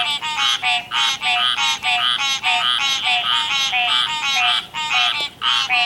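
Frogs croaking in a thick chorus, nasal, bleating notes overlapping almost without pause.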